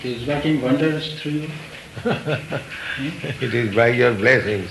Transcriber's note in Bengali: laughing